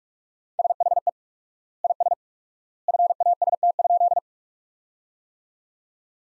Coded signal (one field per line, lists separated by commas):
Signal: Morse code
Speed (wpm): 42 wpm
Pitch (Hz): 700 Hz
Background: none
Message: SHE IS FAST?